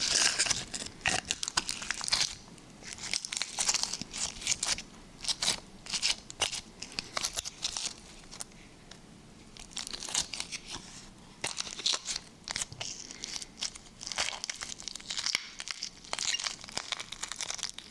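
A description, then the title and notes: Liquid slime is worked continuously, giving a dense run of wet crackles, clicks and sticky pops. The sounds are bright and crisp, coming in rapid irregular bursts with a few louder snaps around the 10 and 15 second marks, over a faint low hush. Liquid Slime ASMR.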